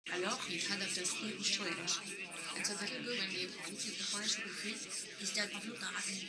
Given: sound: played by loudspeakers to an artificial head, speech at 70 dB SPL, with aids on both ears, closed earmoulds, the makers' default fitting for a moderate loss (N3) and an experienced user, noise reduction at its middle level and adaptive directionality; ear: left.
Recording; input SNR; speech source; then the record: speech test signal (ISTS) in cocktail-party noise; +3 dB; on the right (90 degrees)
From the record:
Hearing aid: class 1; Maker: H